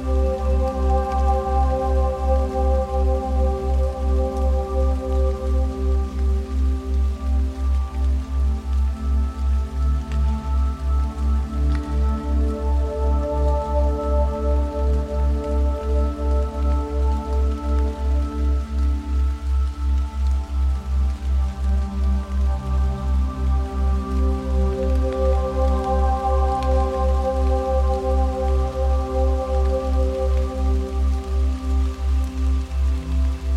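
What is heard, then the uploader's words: Soft ambient music blends with lightly falling rain. Sustained low and mid tones hold steady under a deep, even pulse that repeats regularly throughout, while a faint patter of rain sits high above. Little changes from start to finish. Dream State: Sleep Soundscape with Rain. Calming, ambient music blended with lightly falling rain for the perfect sleep atmosphere.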